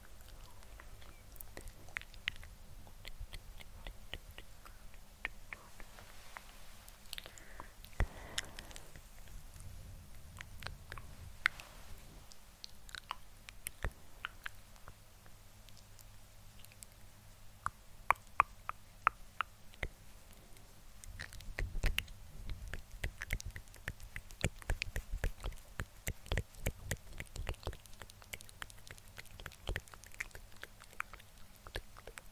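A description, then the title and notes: Dry mouth sounds and small clicks pile up in dense, irregular bursts, with crisp ticks and scratchy textures scattered throughout. A louder, busier stretch arrives around 22 seconds, while a faint low hum runs steadily underneath. INTENSE LAYERED SOUNDS~ Helping You SleepRelax(Mouth Sounds, Scratching, Tongue Clicking).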